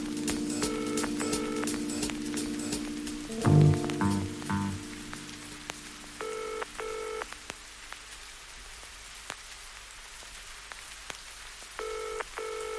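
A telephone handset ringing signal sounds in short double bursts that repeat every few seconds over a steady patter like rain, with a brief low rumble partway through.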